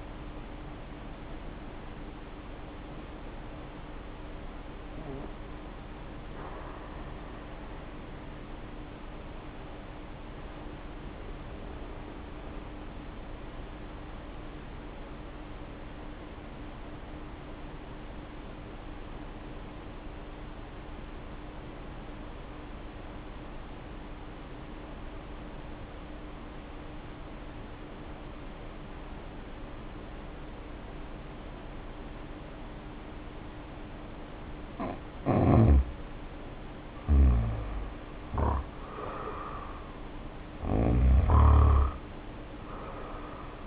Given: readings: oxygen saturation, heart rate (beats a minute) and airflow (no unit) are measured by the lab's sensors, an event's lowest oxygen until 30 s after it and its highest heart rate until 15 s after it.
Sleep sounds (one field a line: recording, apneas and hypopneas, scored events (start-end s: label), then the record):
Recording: breathing in sleep by a voice recorder at the bedside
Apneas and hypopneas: 1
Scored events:
10.00-35.60 s: hypopnea (N1, oxygen 95% highest, then 79% lowest, heart rate 50 at the start, 66 highest)
From the record:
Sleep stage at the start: N1 (lightest sleep)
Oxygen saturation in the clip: 73 to 95%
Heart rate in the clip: 50 to 78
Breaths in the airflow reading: 12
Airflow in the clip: -2.4 to 2.6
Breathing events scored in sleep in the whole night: 520 in 7.2 hours asleep